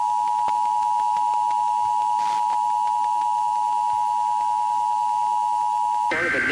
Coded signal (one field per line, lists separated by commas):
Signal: Emergency Alert System (SAME) tones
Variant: 853 and 960 Hz attention tone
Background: speech